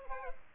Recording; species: mosquito wingbeat signal from an infrared sensor; Aedes aegypti